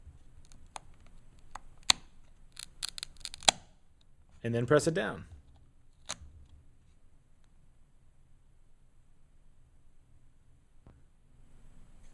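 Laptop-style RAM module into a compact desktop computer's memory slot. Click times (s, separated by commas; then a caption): 1.9 s. The top laptop-style RAM module is pushed into the memory slot of a 2010 Mac Mini until it seats with a loud, sharp click at 1.9 s. Several more short, sharp clicks follow between about 2.8 and 3.5 s, then a louder broadband burst around 4.5–5.2 s and a softer click at 6.1 s. Someone talks.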